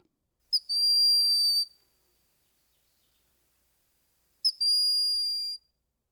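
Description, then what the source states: Broad-winged Hawk whistle: a high, thin, steady whistle about a second long, given twice about four seconds apart, with silence between. Non-imposing, very unhawk-like call of a small brown, crow-sized, demure forest hawk that sits quietly under the canopy.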